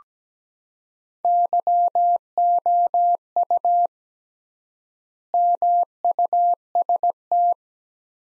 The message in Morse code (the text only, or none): YOU MUST